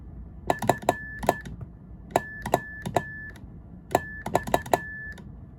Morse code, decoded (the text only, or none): FOX